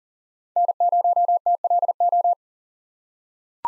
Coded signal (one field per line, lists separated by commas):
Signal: Morse code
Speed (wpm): 39 wpm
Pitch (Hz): 700 Hz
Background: none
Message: N0TLO